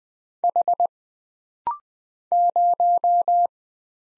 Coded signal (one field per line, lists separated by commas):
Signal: Morse code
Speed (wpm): 20 wpm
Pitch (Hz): 700 Hz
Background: none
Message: H 0